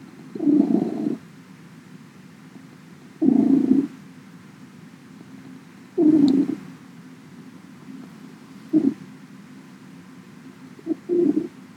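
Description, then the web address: Cat purring in rumbling bursts, each lasting under a second and recurring roughly every two to three seconds. Recorded on 20 September 2017. "cats max purring"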